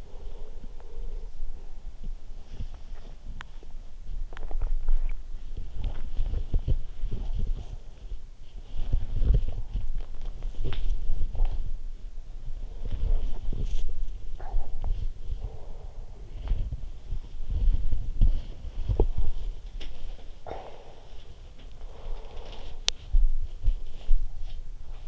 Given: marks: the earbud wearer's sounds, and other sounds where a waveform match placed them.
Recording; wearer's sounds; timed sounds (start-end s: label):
sounds in sleep by an in-ear microphone; breath, body movement, teeth grinding
0.00-1.32 s: breath
2.00-25.08 s: body movement
3.26-3.55 s: teeth grinding
4.23-5.18 s: teeth grinding